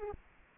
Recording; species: mosquito wingbeat signal from an infrared sensor; Aedes aegypti